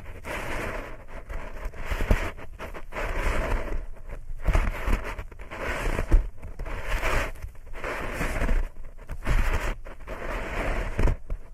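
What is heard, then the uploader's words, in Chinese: Dense ear-cleaning scratches and crackles come in repeated strokes about every second, with brief quiet gaps and a low rumble underneath. 掏耳无人声助眠。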